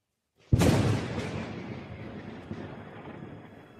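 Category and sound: nature, thunder booming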